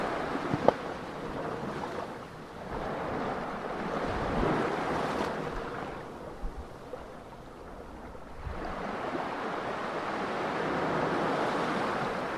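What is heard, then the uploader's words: Baltic Sea waves wash along the shore in a steady, rushing roar, swelling around four seconds and again from about nine seconds after a quieter lull near seven. A sharp knock sounds just before the first second, and low wind rumble runs underneath. Baltic Sea Waves. We enjoy a relaxing day in the sun and listen to some Baltic waves crash along the shore.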